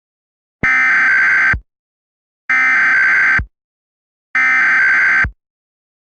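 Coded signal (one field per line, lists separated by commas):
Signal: Emergency Alert System (SAME) tones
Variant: header bursts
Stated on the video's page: Mock, recreated alert, partly made with added effects.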